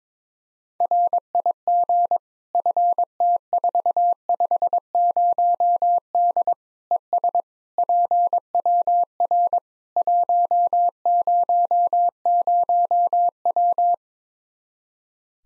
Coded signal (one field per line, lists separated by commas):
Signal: Morse code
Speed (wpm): 22 wpm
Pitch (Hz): 700 Hz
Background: none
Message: RIG FT450D ES PWR 100W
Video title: Practice QSO - Complete One-Sided - 22wpm